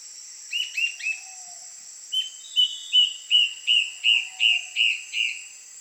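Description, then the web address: Yellow-browed antbird calling, three short whistles, then a steady run of about nine whistled notes, roughly three per second, over a constant high background hum. "Yellow browed antbird. صدای-پرنده-مورچه-مرغ-ابرو-زرد"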